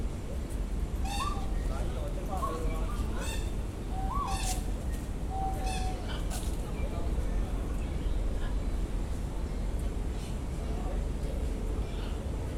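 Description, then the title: Birds singing with clear whistled notes, some sliding and some repeated in short chirpy phrases, over a steady low rumble. Birds in a park aviary in Hong Kong, 25 July 2007, recorded with condenser microphones in XY stereo. "香港 九龍公園 百鳥居 雀鳥唱歌及遊人怪叫"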